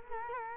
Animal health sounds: mosquito wingbeat signal from an infrared sensor; Culex quinquefasciatus

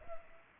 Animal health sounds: mosquito wingbeat signal from an infrared sensor; Culex pipiens

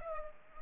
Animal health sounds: mosquito wingbeat signal from an infrared sensor; Culex pipiens

